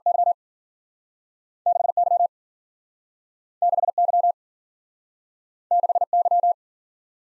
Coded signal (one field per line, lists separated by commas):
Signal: Morse code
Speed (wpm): 55 wpm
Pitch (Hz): 700 Hz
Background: none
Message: Y6 Y6 Y6 Y